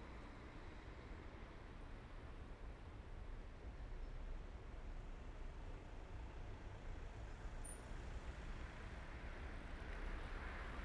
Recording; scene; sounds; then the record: everyday scene through a hearing-aid microphone; in traffic; traffic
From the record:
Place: main road on the outskirts, rush hour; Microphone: behind the ear, right, rear